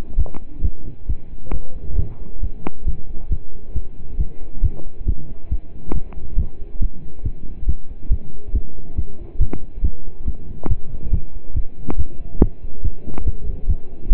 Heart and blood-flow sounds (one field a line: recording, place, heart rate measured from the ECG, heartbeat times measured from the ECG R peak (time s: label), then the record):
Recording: heart sounds by stethoscope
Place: between the tricuspid and mitral areas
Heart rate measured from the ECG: 138 bpm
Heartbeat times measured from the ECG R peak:
0.18 s: heartbeat
0.63 s: heartbeat
1.08 s: heartbeat
1.53 s: heartbeat
1.98 s: heartbeat
2.42 s: heartbeat
2.86 s: heartbeat
3.31 s: heartbeat
3.75 s: heartbeat
4.19 s: heartbeat
4.63 s: heartbeat
5.07 s: heartbeat
5.51 s: heartbeat
5.94 s: heartbeat
6.38 s: heartbeat
6.81 s: heartbeat
7.25 s: heartbeat
7.68 s: heartbeat
8.11 s: heartbeat
8.54 s: heartbeat
8.97 s: heartbeat
9.40 s: heartbeat
9.83 s: heartbeat
10.27 s: heartbeat
10.69 s: heartbeat
11.12 s: heartbeat
11.56 s: heartbeat
11.98 s: heartbeat
12.41 s: heartbeat
12.84 s: heartbeat
13.26 s: heartbeat
13.69 s: heartbeat
14.11 s: heartbeat
From the record:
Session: pedaling a stationary bicycle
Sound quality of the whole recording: partially saturated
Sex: male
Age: 27 years